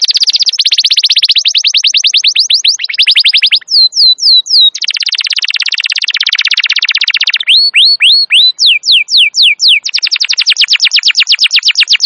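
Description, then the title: Canary song alternating fast buzzy trills with short runs of clear descending whistles, phrases changing every few seconds, continuous and loud without background noise. Wild canary; long, continuous, energetic song used as a master recording to train or lure canaries. "Pikat Kenari GACOR PANJANG INI Cocok Untuk Masteran KENARI LIAR"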